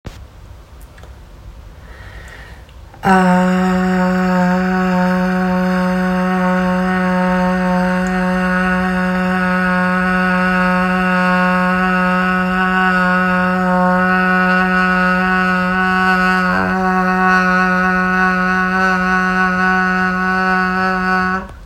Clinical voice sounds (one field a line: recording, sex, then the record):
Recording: sustained vowel /a/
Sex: female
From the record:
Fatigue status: no fatigue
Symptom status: symptomatic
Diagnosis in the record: COVID-19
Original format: m4a